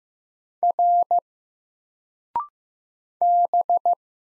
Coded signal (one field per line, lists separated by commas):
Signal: Morse code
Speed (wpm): 15 wpm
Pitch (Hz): 700 Hz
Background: none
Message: R B